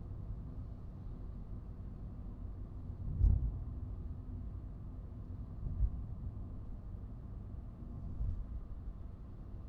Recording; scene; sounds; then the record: everyday scene through a hearing-aid microphone; in a vehicle; engine, traffic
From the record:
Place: Skoda Fabia, gasoline engine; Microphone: in the ear canal, right